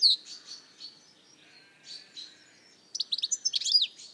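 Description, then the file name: European goldfinch with soft, drawn-out chirps at first, then a quick run of tinkling twitter notes near the end. "Carduelis carduelis"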